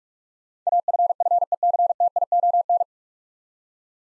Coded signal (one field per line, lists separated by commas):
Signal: Morse code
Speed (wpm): 43 wpm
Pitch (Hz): 700 Hz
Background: none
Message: AFFECTION